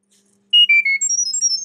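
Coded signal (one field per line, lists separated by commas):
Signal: data over sound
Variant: Chirp.io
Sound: quick melodic string of about a dozen short beeping tones jumping in pitch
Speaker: so anyway that's what it does that's the noise it makes and this is on circuit Python v3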